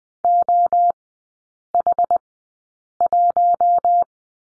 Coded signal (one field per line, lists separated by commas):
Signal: Morse code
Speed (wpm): 20 wpm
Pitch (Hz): 700 Hz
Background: none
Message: OH1